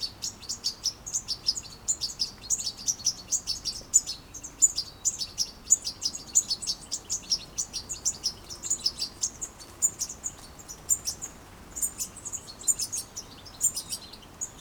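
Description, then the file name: European goldfinch calls: rapid, bright tinkling chirps in quick bursts, high and twittering, nearly continuous for the whole stretch with brief pauses. "Carduelis carduelis"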